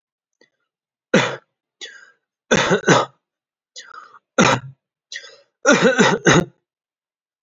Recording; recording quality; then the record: heavy voluntary cough; excellent, no background noise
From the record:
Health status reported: healthy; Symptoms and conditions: cough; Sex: male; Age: 18 years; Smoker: no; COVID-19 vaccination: both doses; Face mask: worn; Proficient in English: yes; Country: India